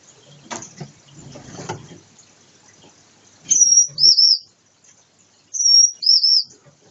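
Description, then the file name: Gouldian finch calls: two thin, high whistled notes a couple of seconds apart, each a steady tone then a wavering one, after soft rustling and shuffling sounds. Gouldian finches during pair formation, performing a courtship dance. "amadiny gulda sozdanie pary bracnyi tanec"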